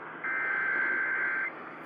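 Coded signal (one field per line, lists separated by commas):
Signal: Emergency Alert System (SAME) tones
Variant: header bursts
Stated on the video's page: Severe thunderstorm warning EAS alert carried on an AM radio station.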